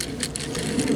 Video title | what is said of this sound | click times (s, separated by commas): Johndoe4880 Reviews Presents Transformers Earthrise Deluxe Class Trailbreaker | I don't know if you heard it click. There it is. | 0.4 s